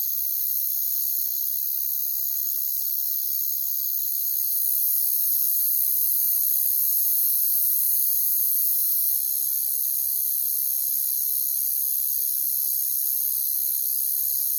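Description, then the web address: Crickets holding a continuous shrill trilling chorus, the high buzz thickening a little after a few seconds and staying level. "WLL Grade 1-12 Pre-Uni Library Natures Songs Sleep Sounds of Nature CRICKETS Crickets"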